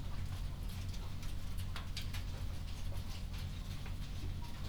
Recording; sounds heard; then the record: poultry house recording; healthy chickens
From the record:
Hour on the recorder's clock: 21